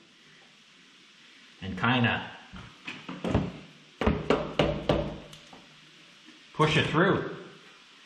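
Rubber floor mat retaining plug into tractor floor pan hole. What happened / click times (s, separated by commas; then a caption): The rubber plug is being pushed into the hole but has not yet snapped home / none. A rubber plug moulded into the rubber floor mat of a Kubota L2501 tractor is pushed by hand toward a hole in the metal floor pan while someone talks. Rubbing and shuffling noises are followed by several sharp knocks and thunks. The plug has not seated or snapped in yet when the clip ends.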